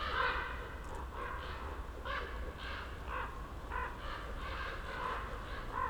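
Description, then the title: Common raven calls, hoarse croaks in quick succession, somewhat muffled over a low droning background. Ravens circling for over ten minutes over a mountain slope, recorded among young beeches, Patnik, Goworów, Poland, New Year's walk; Zoom F4, AT BP4025. "Patnik mountain side, Goworów, Poland - Circling ravens"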